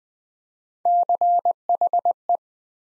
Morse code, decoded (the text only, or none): CHE